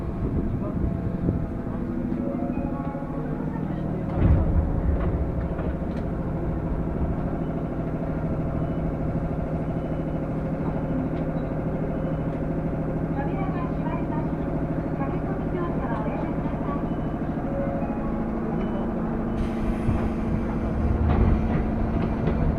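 A train ride on Japan's Nambu and Tsurumi lines: a steady low rumble with sustained humming motor tones runs throughout. Thumps land around 4 and 21 seconds, faint voices murmur underneath, and a thin high hiss joins near 19 seconds.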